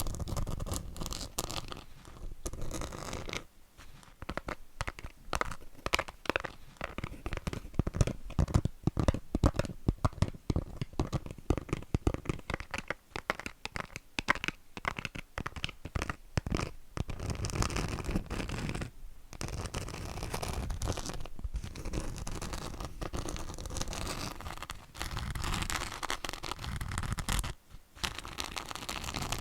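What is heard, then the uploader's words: Dry scratching fills the whole stretch, dense rapid strokes over a surface with a rough, rasping texture, like nails dragged back and forth. The strokes come in busy bursts, densest around 8 to 17 seconds, with brief near-silent gaps around 4, 19 and 27 seconds. Do Nails Change the Sound. No Talking.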